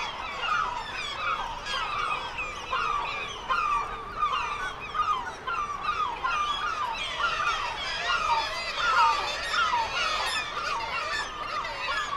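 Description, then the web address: Black-legged kittiwake calls, a crowded colony of nasal, harmonic cries repeating in overlapping bursts, with many birds calling at once. "sound Black-legged-kittiwake. صدای-پرنده-کاکایی-پاسیاه"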